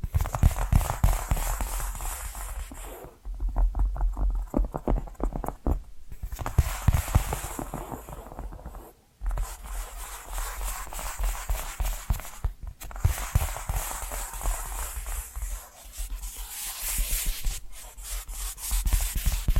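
Tapping and scratching fill the recording, with quick, irregular taps packed densely over a steady scratchy hiss. The sound thins briefly around three to six seconds and drops out almost entirely near nine seconds, then resumes with busy, crackling taps through the end.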